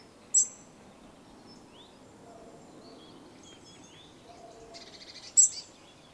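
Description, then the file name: European robin calls: two sharp high ticking notes with a thin whistle, about five seconds apart, soft faint twitters in between, steady low hiss behind. "Erithacus rubecula"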